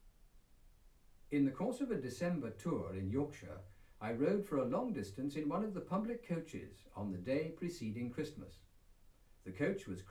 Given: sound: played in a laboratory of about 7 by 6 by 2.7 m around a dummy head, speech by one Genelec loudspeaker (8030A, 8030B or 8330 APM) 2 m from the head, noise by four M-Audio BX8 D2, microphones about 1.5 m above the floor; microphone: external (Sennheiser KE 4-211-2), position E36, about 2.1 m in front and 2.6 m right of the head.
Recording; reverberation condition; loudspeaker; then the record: male speech in English; low; 150 degrees to the left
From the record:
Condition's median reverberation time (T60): about 310 ms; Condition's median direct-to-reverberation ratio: about 3.5 dB